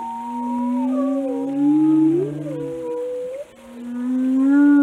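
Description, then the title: Whale sounds, long sustained tonal moans with several layered whistles bending up and down, ending on a rising drawn-out note. "Whale Watching: A Close Encounter with the Giants of the Sea"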